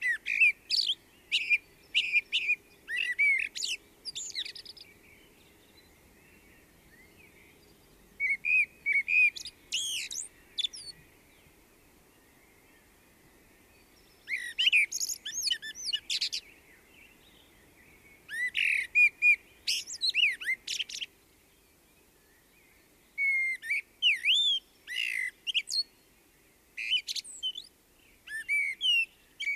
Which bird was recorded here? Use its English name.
Common Blackbird